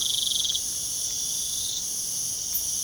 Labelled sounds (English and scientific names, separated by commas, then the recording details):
none
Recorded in pastures near Puerto Asís, Putumayo, Colombia, on 25 June 2025 at 01:00
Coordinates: 0.497, -76.327
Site G040